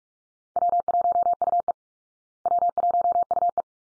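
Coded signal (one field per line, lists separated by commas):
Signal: Morse code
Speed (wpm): 44 wpm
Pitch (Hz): 700 Hz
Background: none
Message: W1UE W1UE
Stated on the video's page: Morse head-copy drill of call signs at 45 wpm, each sent twice, then spoken, then sent again.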